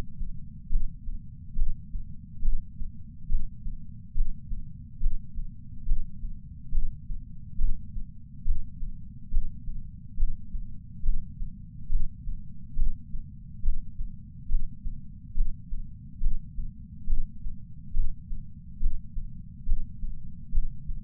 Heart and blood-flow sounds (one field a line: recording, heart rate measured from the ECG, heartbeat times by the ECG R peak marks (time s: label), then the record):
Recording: heart sounds by patch sensor on the chest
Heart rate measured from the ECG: 70 bpm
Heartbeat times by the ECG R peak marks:
0.69 s: heartbeat
1.55 s: heartbeat
2.42 s: heartbeat
3.28 s: heartbeat
4.14 s: heartbeat
5.00 s: heartbeat
5.85 s: heartbeat
6.71 s: heartbeat
7.58 s: heartbeat
8.44 s: heartbeat
9.41 s: heartbeat
10.16 s: heartbeat
11.02 s: heartbeat
11.89 s: heartbeat
12.76 s: heartbeat
13.62 s: heartbeat
14.48 s: heartbeat
15.34 s: heartbeat
16.20 s: heartbeat
17.06 s: heartbeat
17.93 s: heartbeat
18.79 s: heartbeat
19.65 s: heartbeat
20.51 s: heartbeat
From the record:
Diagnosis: coronary artery disease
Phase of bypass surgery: intraoperative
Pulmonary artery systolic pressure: 30 mmHg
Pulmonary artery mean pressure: 20 mmHg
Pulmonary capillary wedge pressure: 14 mmHg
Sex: male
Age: 62 years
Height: 165 cm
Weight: 72 kg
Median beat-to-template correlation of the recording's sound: 0.95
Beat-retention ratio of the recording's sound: 0.98